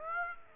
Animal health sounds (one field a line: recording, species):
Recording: mosquito wingbeat signal from an infrared sensor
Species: Aedes aegypti